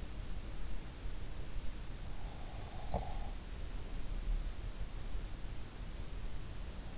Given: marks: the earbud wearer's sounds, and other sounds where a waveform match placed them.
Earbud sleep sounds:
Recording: sounds in sleep by an in-ear microphone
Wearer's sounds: breath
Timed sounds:
2.05-5.34 s: breath

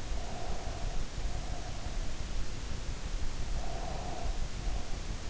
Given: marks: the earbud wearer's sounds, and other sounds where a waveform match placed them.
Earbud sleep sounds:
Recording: sounds in sleep by an in-ear microphone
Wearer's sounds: breath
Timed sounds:
0.00-2.23 s: breath
3.53-5.06 s: breath

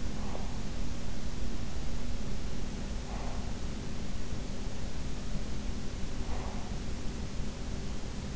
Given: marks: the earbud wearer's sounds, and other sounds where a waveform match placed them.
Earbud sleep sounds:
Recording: sounds in sleep by an in-ear microphone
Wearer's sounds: breath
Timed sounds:
0.00-0.67 s: breath
2.99-3.61 s: breath
6.08-6.89 s: breath

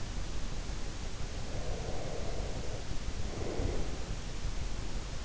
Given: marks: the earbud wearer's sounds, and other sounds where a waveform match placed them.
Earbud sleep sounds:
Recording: sounds in sleep by an in-ear microphone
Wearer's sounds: breath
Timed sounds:
1.28-4.29 s: breath

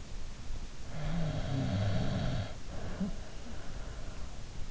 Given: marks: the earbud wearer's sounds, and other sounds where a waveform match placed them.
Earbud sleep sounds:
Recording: sounds in sleep by an in-ear microphone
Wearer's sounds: snoring breath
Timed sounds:
0.90-3.57 s: snoring breath

